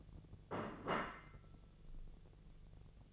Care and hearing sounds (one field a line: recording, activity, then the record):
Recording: daily activity, microphone in the room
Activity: place plate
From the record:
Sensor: 4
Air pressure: 1001.0 hPa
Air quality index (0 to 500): 144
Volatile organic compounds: 2 ppm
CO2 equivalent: 1061 ppm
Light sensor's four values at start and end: 26/63/26/28 and 26/63/26/28